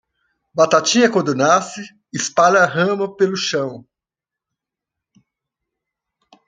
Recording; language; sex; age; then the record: short text; Brazilian Portuguese; male; 60 to 69 years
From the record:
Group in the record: control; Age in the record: 63 years